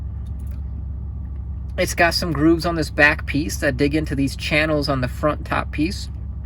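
Someone talks over a steady low hum while handling a two-piece plastic car air-vent tab, pressing the grooved back piece into the channels on the front top piece. No click is heard, and the back piece has not seated or clicked into the front piece yet.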